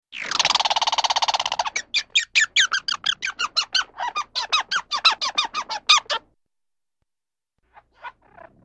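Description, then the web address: Squirrel calling: a fast buzzing trill opens, then breaks into a series of sharp, squeaky chirps that stop abruptly, followed by a few faint notes after a pause. "suoni di scoiattolo"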